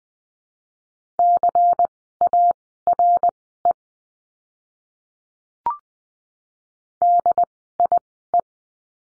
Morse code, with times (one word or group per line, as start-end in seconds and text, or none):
1.2-3.7 CARE
7.0-8.4 DIE